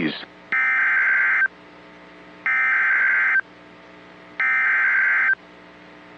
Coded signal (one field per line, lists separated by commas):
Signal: Emergency Alert System (SAME) tones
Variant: header bursts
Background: speech